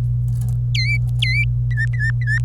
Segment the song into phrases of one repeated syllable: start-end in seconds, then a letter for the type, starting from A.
0.75-1.44 A, 1.71-2.38 B